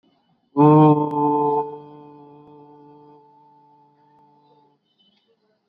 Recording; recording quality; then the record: sustained vowel as in boot; excellent, no background noise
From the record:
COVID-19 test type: RT-PCR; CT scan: not taken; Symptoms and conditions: none ticked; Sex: male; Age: 22 years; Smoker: no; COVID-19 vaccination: both doses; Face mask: worn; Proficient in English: yes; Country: India